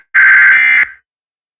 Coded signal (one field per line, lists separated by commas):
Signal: Emergency Alert System (SAME) tones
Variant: end-of-message bursts